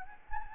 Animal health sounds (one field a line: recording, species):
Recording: mosquito wingbeat signal from an infrared sensor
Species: Anopheles gambiae